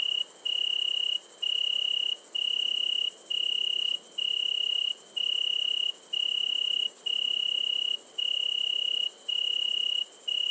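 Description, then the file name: Italian tree cricket song: long, pure, even trills repeated roughly once a second with brief gaps, over a continuous high hissing buzz of a bush-cricket. With a great green bush-cricket, at Le Puech, Cantal. "grillon-d Italie-et-grande-sauterelle-verte-Le-Puech-Cantal"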